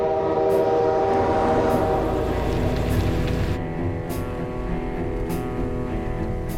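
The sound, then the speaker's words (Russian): A train rolls past with a loud, steady rumble, its horn sounding in long sustained tones over rhythmic clacks of the wheels, under a darkening sky. No one speaks. “Они сворачивают налево у проезжающего поезда и продолжают путь под темнеющим небом.”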